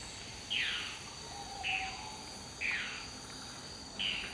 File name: Dusky throated antshrike